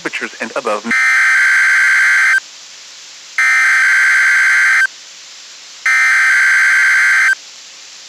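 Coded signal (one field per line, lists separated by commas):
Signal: Emergency Alert System (SAME) tones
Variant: header bursts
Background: speech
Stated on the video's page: Required weekly test SAME tones from broadcast radio, TV and NOAA Weather Radio.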